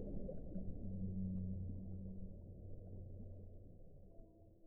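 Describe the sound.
Whale song: long-held low moans drawn out across nearly five seconds over a soft rumble.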